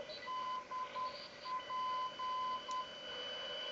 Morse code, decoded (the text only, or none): DP